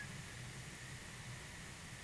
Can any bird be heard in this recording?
no